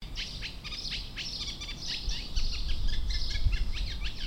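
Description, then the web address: Eurasian reed warbler song: a continuous, rhythmic chatter of scratchy, repeated high notes running without pause, with low rumbling background noise. Töölö park, Helsinki, 13 June 2015. "pirhonenj acrsci hki toolo park 150613"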